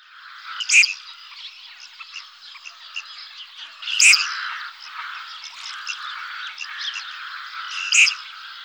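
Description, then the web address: Red-crested pochard calls, with three abrupt, explosive notes a few seconds apart over continuous overlapping chatter. "hdykstra krooneend"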